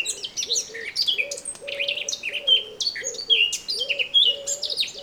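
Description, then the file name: Eurasian blackcap delivering a dense jumble of warbled and whistled notes, accompanied by repeated low cooing phrases. "Sylvia atricapilla"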